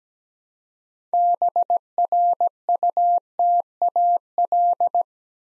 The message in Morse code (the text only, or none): BRUTAL